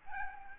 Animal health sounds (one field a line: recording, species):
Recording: mosquito wingbeat signal from an infrared sensor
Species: Aedes albopictus